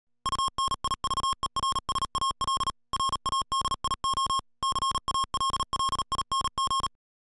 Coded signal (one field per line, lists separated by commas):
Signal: Morse code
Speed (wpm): 37 wpm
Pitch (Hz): 1080 Hz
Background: music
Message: UNIVERSAL RADIO CALLING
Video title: Universal-Radio presents the Yaesu FT-8900R mobile quad band Amateur Radio